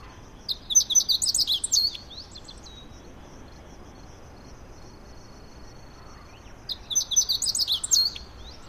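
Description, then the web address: Meadow bunting song, a quick high jingling phrase of varied chirps and trills lasting about a second and a half, repeated after a long pause, over steady background hiss. "izumino saunndo hooziro"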